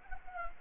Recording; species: mosquito wingbeat signal from an infrared sensor; Anopheles gambiae